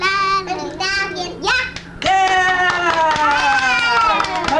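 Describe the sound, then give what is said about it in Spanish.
An audience claps along with the chorus in a steady rhythm beneath loud, bright singing by a young girl performing a song, the claps sharp and repeated throughout. “Está siguiendo el coro con los aplausos.”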